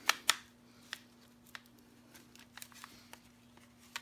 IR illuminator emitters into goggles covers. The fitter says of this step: and they snap right in so